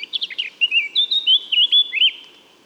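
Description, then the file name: Eurasian blackcap song: a few quick scratchy notes, then a run of loud, pure fluting whistles that fades away. "Sylvia atricapilla"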